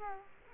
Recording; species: mosquito wingbeat signal from an infrared sensor; Culex quinquefasciatus